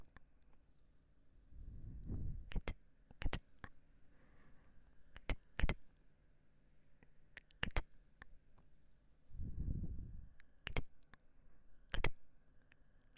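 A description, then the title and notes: Mouth sounds: sharp wet clicks and smacks pop out irregularly, often in quick pairs or small clusters, across the whole clip. Two soft, low breathy swells rise and fade, one around two seconds and another near ten. A faint steady hum sits underneath. 戳戳你的眼睛 | 口腔音×視覺觸發 | MouthSounds | Visual Triggers | NO Talking.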